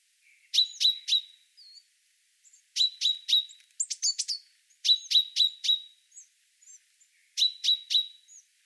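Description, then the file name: Common chaffinch calls: bursts of several sharp, metallic notes, with a few faint soft notes between bursts. "Fringilla coelebs"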